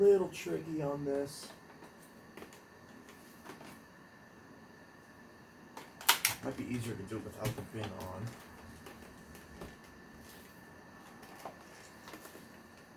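Someone talks while handling the plastic hose end with its tab at the vacuum body port of a Dyson Ball Multi-Floor 2 (UP19), with soft handling noises and a burst of sharp plastic knocks around 6.0–6.3 seconds. The hose has not clicked into place or seated yet.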